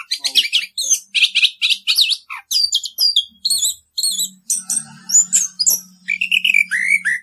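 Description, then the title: Orange-headed thrush song of fast repeated chattering notes and twisting whistles, with a faint low hum in the background during the second half. Rolling song style (ngerol), used as a master recording (masteran) for training caged birds. "Anis Kembang 9. suara anis kembang ngerol"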